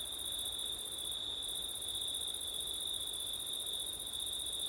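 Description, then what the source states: Crickets sing a steady, piercing trill with a fainter upper shimmer that drops out for a moment, all above a low hiss. Crickets on a September night, with wind; ortif (ORTF) microphone setup.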